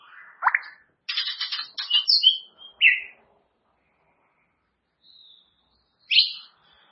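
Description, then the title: White-rumped shama giving scattered song phrases: a sharp note, harsh buzzy notes, a few clear whistles, then a long pause with a faint whistle before a final high note. "murai batu"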